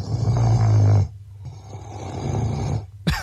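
An adult snoring: two low, rumbling snores, the first loud and the second softer, ending with a brief sharp noise.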